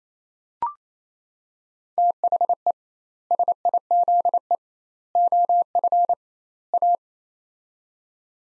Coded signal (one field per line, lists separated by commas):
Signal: Morse code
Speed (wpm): 28 wpm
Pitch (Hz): 700 Hz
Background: none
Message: THE SIZE OF A